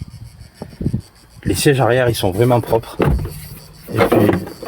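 A rear seat in a used minivan is being handled toward its floor/backrest latch, but nothing has seated or clicked yet. A few short knocks sound early on, near 0.6 and 0.8 seconds. From about 1.4 seconds someone talks over faint background noise.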